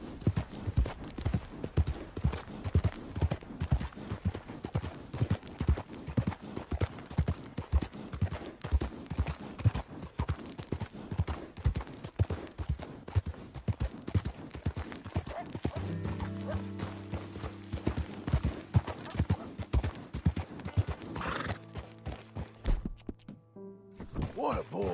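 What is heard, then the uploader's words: A horse's hooves clip-clop in a steady, quick rhythm throughout, joined after fifteen seconds by a low droning hum, then briefly stop near the end. The ambient sounds of the wilderness, wildlife, and weather. The gentle clip-clop of our horse's hooves.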